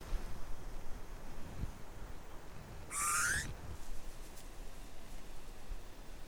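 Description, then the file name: Eurasian bullfinch giving one soft, short, upward-sliding piping note over steady low background noise. "Pyrrhula pyrrhula"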